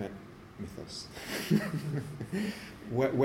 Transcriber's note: laughter